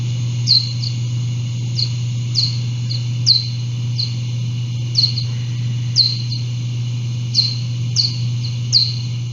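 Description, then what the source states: Little brown bat echolocation pulses: short downward-sweeping chirps, repeated irregularly, over a steady low hum. Echolocation used to navigate and find food; slowed down and pitch-shifted to be audible; once as common in Connecticut as the big brown bat before white-nose syndrome.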